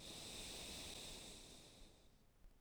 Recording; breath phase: one breath near a microphone; exhalation